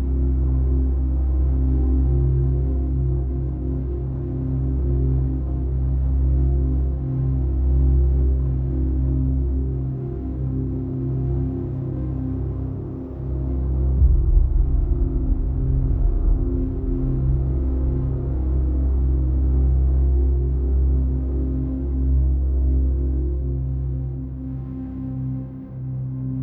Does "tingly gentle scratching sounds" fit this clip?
no